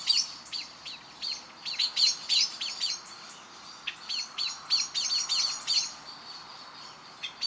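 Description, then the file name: Eurasian blackbird, sharp clicking call notes repeated about three per second in two loose runs, a soft hiss underneath. "Turdus merula"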